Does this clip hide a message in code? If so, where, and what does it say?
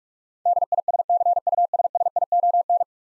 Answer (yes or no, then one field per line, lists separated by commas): yes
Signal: Morse code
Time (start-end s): 0.5-2.8 s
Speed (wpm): 45 wpm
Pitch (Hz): 700 Hz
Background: none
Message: DISCUSSION